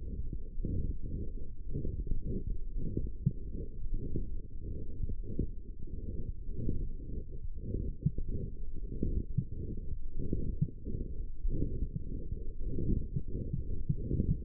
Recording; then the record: forearm muscle sounds (acoustic myography)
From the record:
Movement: forearm supination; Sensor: system 1, eight BSWA MPA416 microphones around the upper forearm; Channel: 3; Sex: male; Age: 23 years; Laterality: right